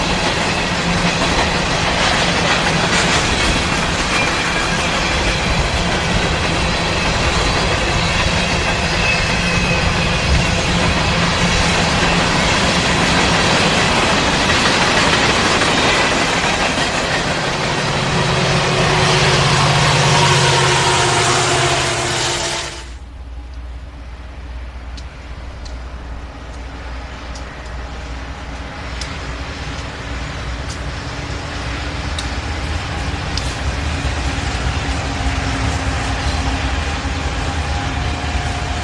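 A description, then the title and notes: A train rumbles loudly along the tracks with a dense roar and steady tones, then abruptly drops to a quieter low hum after twenty-three seconds. Train On Tracks.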